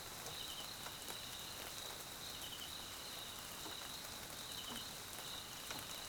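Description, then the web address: Crickets chirping in a shrill continuous trill plus occasional pulsed bursts, under prominent rainfall with many individual drops striking surfaces. South African crickets, background ambience at night in rain, Mkhaya jungle, Swaziland. "Tonschliff - SOUTH AFRICAN CRICKETS BG Swaziland Mkhaya Jungle Night Rain"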